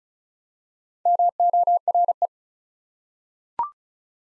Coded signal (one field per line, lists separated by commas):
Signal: Morse code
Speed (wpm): 34 wpm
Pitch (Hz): 700 Hz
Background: none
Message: MORE